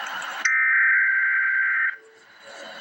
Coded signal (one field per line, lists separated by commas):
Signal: Emergency Alert System (SAME) tones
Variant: header bursts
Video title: Emergency Alert System - Extreme Heat Watch - Jun 20, 2025 at 3:38 AM EDT